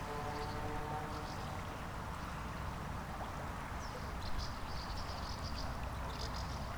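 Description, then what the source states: Swallows giving short, high twittering calls in scattered bursts over a steady low rumble and rushing water. Swallows hunting under the Pont du Lit du Roi on the Via Rhôna, over the Rhône river, Massignieu-de-Rives, France; some rustling of the river's water.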